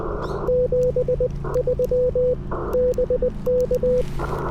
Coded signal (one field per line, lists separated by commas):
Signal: Morse code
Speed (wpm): 20 wpm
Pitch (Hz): 500 Hz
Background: radio noise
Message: 73 BK